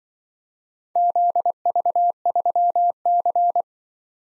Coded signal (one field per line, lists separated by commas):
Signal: Morse code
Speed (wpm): 25 wpm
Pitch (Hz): 700 Hz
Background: none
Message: ZV3C